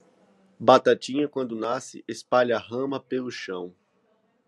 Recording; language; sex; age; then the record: short text; Brazilian Portuguese; male; 20 to 29 years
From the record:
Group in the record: control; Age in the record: 29 years